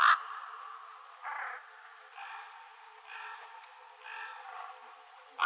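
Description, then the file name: Hoarse, drawn raven croaks spaced roughly a second apart, bracketed by a short, sharp, loud call at the start and end. Ravens recorded in Schorfheide, Germany, on 7 November 2015. "Kolkraben und Damhirsch Schorfheide"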